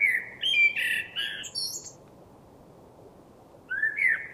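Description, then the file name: Common blackbird, a warbled fluty phrase ending in a high squeaky flourish, then silence before the next phrase begins with a rising whistle. "Turdus merula"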